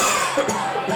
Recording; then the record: coughing mixed with background sound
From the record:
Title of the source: Mid-morning Winter Coughing Fit